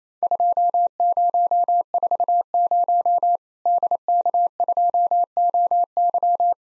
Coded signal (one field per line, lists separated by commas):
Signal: Morse code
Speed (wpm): 28 wpm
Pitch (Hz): 700 Hz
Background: none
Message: 2040 DK2OY